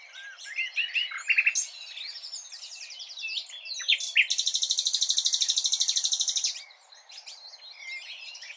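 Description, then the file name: Common nightingale song: scattered sharp chirps and short phrases, then a loud, even, rapid trill held for about two seconds, followed by softer notes. "Luscinia megarhynchos"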